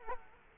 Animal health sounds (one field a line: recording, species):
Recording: mosquito wingbeat signal from an infrared sensor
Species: Aedes aegypti